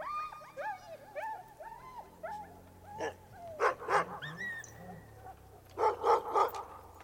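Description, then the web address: Siberian Husky making a series of rising-falling whining yelps, then two clusters of loud barks, three in the final burst. "husky"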